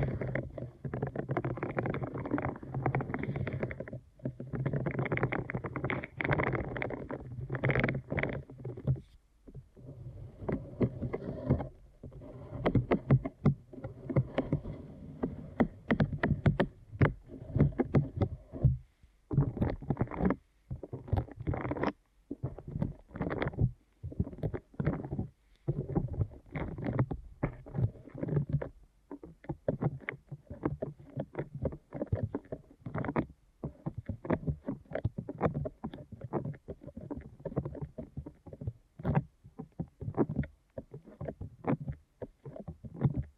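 Deep ear canal massage sounds, a dense run of muffled rubbing and pressing strokes that stay low and thick, rarely reaching bright tones. Strokes come in uneven bursts separated by short silent gaps, frequent from about 10 to 30 seconds, with a soft squishy, rumbling texture throughout.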